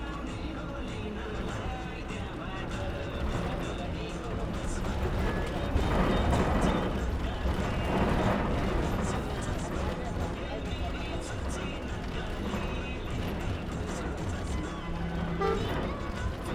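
Inside a moving bus, a steady low engine rumble and road noise fill the whole clip, with several voices talking at once in the background. The chatter and rattling swell slightly around six to nine seconds, and brief clicks and knocks come through now and then.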